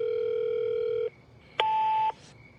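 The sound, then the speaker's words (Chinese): A phone line tone as someone at home dials a call: a steady electronic hum lasting about a second, a brief pause, then a shorter, brighter beep at a higher pitch, with no voices. “他没有上楼，而是鼓起勇气拨通了少群的电话”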